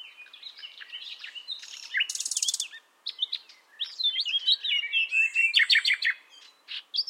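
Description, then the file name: Common nightingale song with a buzzy rattle, a short silence, then a run of loud varied whistled and chirped notes. "Luscinia megarhynchos"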